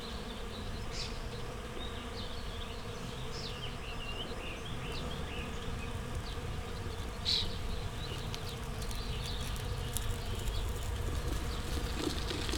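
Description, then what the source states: Bees drone steadily with a thick low hum, overlaid by scattered chattering bird calls. Bees in a flowering rapeseed field, Słoneczna 9, Siemianowice Śląskie, Poland, Saturday 18 May 2019; Zoom H5 with Audio-Technica BP4025.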